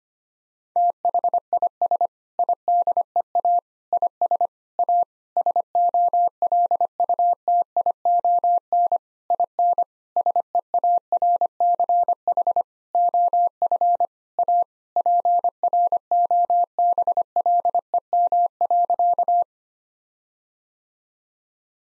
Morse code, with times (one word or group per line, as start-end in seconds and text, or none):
0.8-2.1 THIS
2.4-3.6 IDEA
3.9-4.5 IS
4.8-5.0 A
5.4-9.0 SOLUTION
9.3-9.8 IN
10.2-12.6 SEARCH
12.9-14.1 OF
14.4-14.6 A
15.0-19.4 PROBLEM.